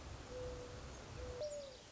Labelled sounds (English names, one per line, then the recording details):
Mourning Dove
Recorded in Sonoma County, California